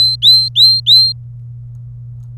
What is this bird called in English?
Domestic Canary